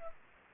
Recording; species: mosquito wingbeat signal from an infrared sensor; Culex pipiens